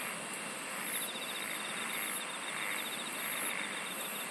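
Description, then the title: Brief stretch of insect buzzing with a quick ticking trill and sharp high chirps. "SINGING OF INSECTS"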